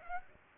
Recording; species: mosquito wingbeat signal from an infrared sensor; Aedes aegypti